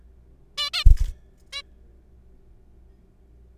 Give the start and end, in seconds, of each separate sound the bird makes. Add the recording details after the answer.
0.58-0.70, 0.74-0.84, 1.53-1.62. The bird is a juvenile. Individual R3428